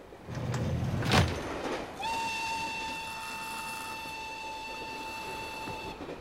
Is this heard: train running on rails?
yes